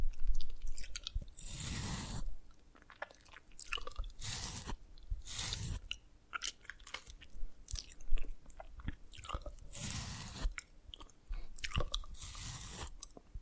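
Dalgona candy being tapped and cracked, with short crisp snaps and crunches. Bright bursts come every second or so, with louder ones near 2, 4, 5.5, 8 and 10 seconds, and soft clicks and scrapes between them.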